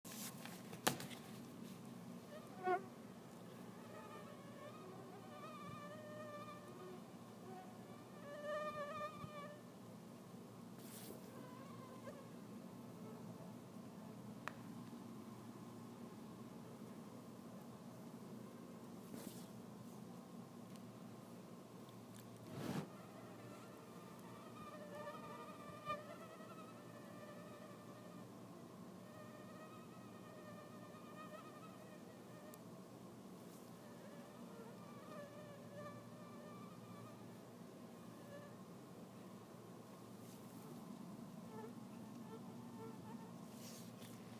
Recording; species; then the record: mosquito flight sound by mobile phone; Anopheles freeborni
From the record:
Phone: iPhone 6